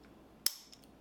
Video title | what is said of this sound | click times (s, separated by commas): IWI Tavor Recoil Sping Removal | it's started in and I'm going to take this screwdriver and push you'll hear it snap into place | 0.5 s